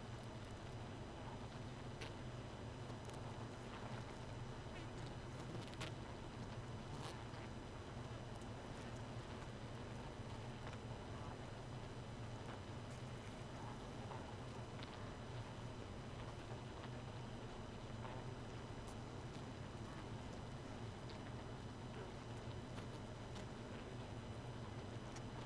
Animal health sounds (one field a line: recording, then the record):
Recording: honeybee colony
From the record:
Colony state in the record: missing queen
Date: 31 May 2018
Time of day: 1:54